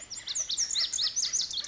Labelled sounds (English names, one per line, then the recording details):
Lazuli Bunting
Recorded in Sonoma County, California